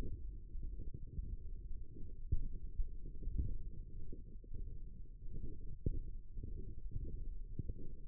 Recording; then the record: forearm muscle sounds (acoustic myography)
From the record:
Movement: radial deviation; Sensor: system 1, eight BSWA MPA416 microphones around the upper forearm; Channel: 3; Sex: male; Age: 18 years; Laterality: right